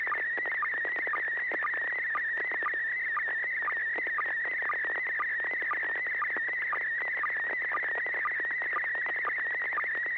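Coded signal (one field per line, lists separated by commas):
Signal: SSTV (slow-scan television)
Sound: warbling tone around 1.5-2.3 kHz with a short low blip about twice a second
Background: FM radio static crackles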